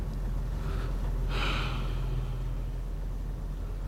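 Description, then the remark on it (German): One long, deep breath of cold night air drawn in, with a short airy lead-in before a stronger hissing inhale, over a steady low engine-like hum that continues throughout. “Es tut gut, die kalte Nachtluft zu atmen.”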